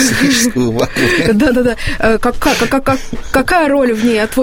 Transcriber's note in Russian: Смеется